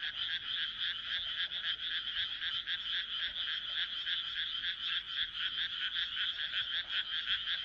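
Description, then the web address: Frog chorus of steady rapid croaking, a continuous high rattle with evenly spaced pulses. "kaeru kaeru"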